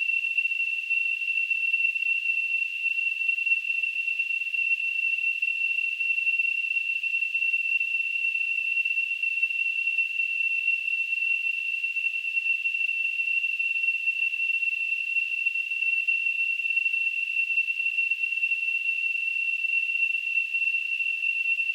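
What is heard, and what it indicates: A steady, unbroken high-pitched ringing near 2.8 kHz, with faint hiss around it and no change in level for about 22 seconds. It is a simulated tinnitus sound, imitating the constant tonal ringing some people hear in their ears.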